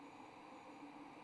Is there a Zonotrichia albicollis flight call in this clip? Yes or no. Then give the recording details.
no. No flight call is heard. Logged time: 23:17 on 24 November 2014